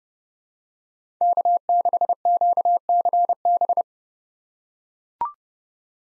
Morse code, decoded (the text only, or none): K6QCB